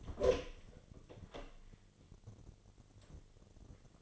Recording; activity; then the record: daily activity, microphone in the room; open door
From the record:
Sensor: 4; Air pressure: 1008.1 hPa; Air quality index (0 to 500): 184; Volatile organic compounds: 6 ppm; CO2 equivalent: 1838 ppm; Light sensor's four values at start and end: 24/76/29/28 and 23/72/27/26